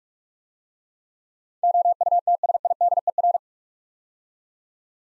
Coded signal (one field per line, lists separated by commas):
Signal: Morse code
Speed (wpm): 44 wpm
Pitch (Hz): 700 Hz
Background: none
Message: OUTSIDER